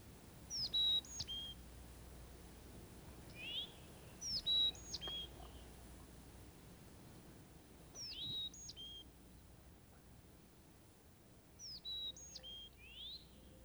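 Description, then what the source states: Chickadee song, clear high whistled phrases of a few notes, repeated several times with pauses between. Sweet song.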